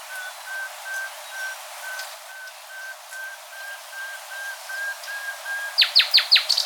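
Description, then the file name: Common nightingale song: a long run of level whistled notes repeated steadily and swelling in loudness, then an abrupt switch to loud, sharp, higher sweeping notes. "Luscinia megarhynchos"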